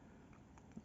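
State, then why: Seated. A cap is pushed onto the barrel of a piston-filler fountain pen and seats only once its grey elements line up with the barrel. Over a quiet background, two short clicks sound at 0.6 s and 0.7 s, a positive click and a clunk. The cap clicks into place.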